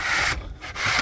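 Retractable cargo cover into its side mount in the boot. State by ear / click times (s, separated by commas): not seated / none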